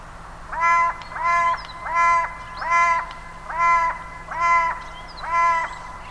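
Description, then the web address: Bird calls: seven loud, harsh, nasal notes, each rich in overtones, repeated about every three quarters of a second. "cianscape birddata Deverinetal 2025 Bird Only"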